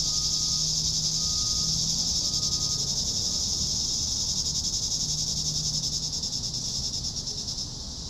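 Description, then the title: Cicadas buzz in a high, rapidly pulsing drone that throbs rhythmically and fades toward the end, with a faint low hum. "neoscenes: cicadas"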